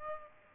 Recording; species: mosquito wingbeat signal from an infrared sensor; Aedes aegypti